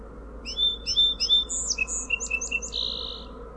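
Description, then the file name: Song sparrow song: three repeated sweeping introductory notes, then high notes, a quick series of short notes and a closing buzz, with steady low hum beneath. "SOSP song"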